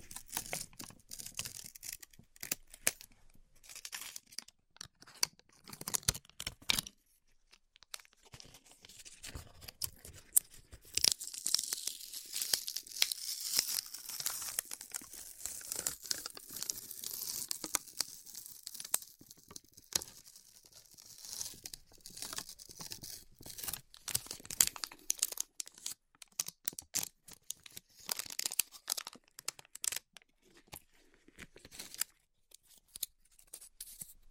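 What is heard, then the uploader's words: A band-aid is ripped off in a rough, crackling series of tears and crinkles, with dense bursts and short silences between them. The sound is brightest and most continuous from about 11 to 20 seconds, then breaks into scattered snaps and rustles toward the end. ASMR Ripping Off the Band Aid (No Talking).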